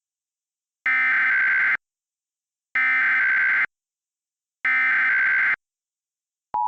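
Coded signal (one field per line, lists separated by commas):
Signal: Emergency Alert System (SAME) tones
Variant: header bursts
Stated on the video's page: Mock EAS scenario.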